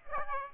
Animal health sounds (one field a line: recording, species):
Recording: mosquito wingbeat signal from an infrared sensor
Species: Aedes aegypti